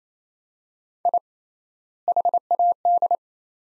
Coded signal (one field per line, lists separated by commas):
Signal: Morse code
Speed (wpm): 28 wpm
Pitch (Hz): 700 Hz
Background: none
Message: I HAD